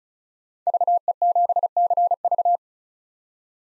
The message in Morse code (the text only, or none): VE7CV